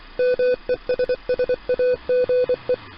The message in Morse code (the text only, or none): MESSAGE